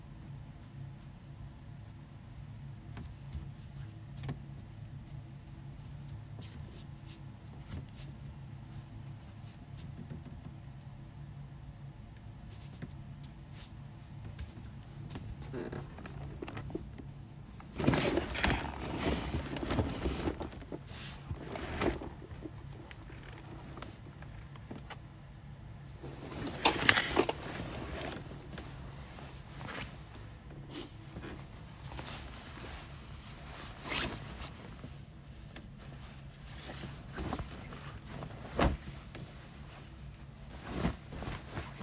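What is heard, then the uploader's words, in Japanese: Clothes being folded and stacked away: soft rustling of fabric runs throughout over a low steady hum. Louder bursts of handling come around 17–22 seconds and again near 26–28 seconds, with scattered brief rustles and taps afterward. 掃除と片付け。洋服をたたむ、重ねてしまう。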